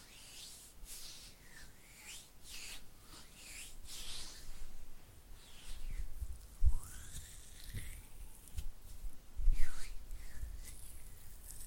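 Oily hands rub and squelch with fluttering finger sounds, soft hissy swishes coming irregularly, with louder slippery bursts and thumps near 7 and 10 seconds.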